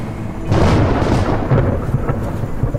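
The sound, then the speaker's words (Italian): A thunderstorm over a mountain: a deep, loud roll of thunder swells up after a brief lead-in and keeps rumbling steadily, with a hiss of rain and wind over the low growl and no voices. “La montagna ribolliva di forze demoniache, inondata da sprazzi intermittenti di luce che pioveva dagli squarci tra le nuvole.”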